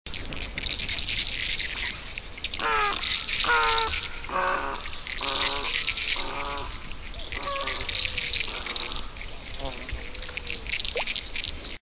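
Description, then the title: Great egret giving a series of short, nasal calls, about one per second, over a steady high hiss of insects. "LuckyPassaro Completos2Sama. Great Egret (Ardea alba)"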